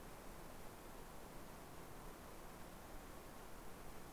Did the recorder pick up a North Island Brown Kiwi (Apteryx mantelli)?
no